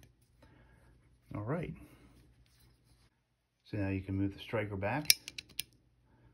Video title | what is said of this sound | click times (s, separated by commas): RUGER SR40 SLIDE Disassembly, Clean & Lube (QUICK & EASY!) | Now it's locked into place. | 5.4 s, 5.6 s